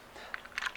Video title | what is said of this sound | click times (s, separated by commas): Yakima Timberline Roof Rack System Review Video and Installation Demo by ORS Racks Direct | feel some resistance there we go and then you just keep going until it clicks right there its | 0.3 s, 0.6 s